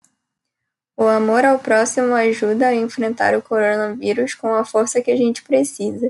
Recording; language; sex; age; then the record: spoken sentence; Brazilian Portuguese; female; 20 to 29 years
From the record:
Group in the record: control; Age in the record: 23 years